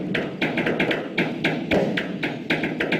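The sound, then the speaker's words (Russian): Rhythmic metallic tapping on a pipe by several young men, several sharp strikes per second in a steady pattern, each hit ringing with a sustained tone over a dense, noisy background. “Парни стучат по трубе.”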